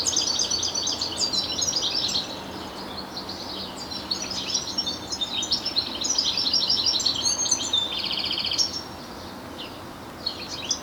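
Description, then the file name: European goldfinch twittering: a fast, continuous stream of high tinkling notes and trills with a buzzy rattle near the end, over steady background hiss. "Carduelis carduelis"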